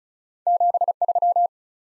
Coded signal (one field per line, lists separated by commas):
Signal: Morse code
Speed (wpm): 36 wpm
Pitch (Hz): 700 Hz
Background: none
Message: 73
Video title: Top 20 QSO Elements 35wpm